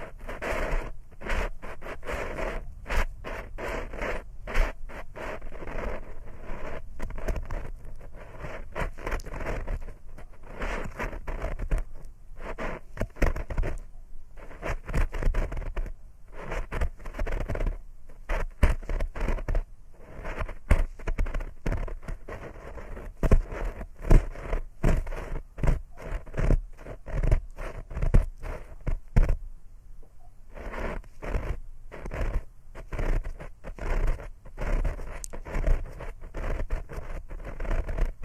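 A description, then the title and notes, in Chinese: Ear cleaning with no voice: a steady stream of dense, rapid scratching and rustling taps that runs the whole way through. The scrapes are mostly low and muffled, with a brief lull just before the 30-second mark before the scratching resumes. 掏耳无人声助眠。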